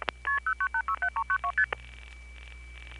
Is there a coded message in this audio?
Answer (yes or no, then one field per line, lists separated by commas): yes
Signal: multi-frequency trunk signalling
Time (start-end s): 0.3-1.7 s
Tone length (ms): 80 ms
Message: KP0986392ST